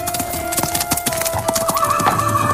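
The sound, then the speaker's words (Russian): A horse's hooves clop in a loose, uneven rhythm of sharp knocks while a high, drawn-out whinny rises over them, as the rider stops his horse in front of the porch of the Prilutchino manor house, with no voices present. “спросил он, останавливая свою лошадь перед крыльцом Прилучинского замка.”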